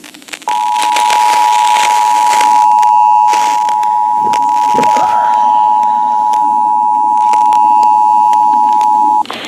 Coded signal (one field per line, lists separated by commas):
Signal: Emergency Alert System (SAME) tones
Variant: 853 and 960 Hz attention tone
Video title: MAINE MERRIMENT II... Severe Weather EAS Alerts from July 13-20th, 2024 (EAS #1,167-1,244)